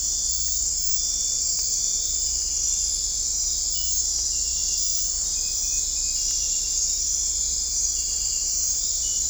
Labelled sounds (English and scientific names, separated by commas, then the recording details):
none
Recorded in dense forest near Puerto Asís, Putumayo, Colombia, on 16 December 2024 at 03:30
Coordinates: 0.499, -76.324
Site G045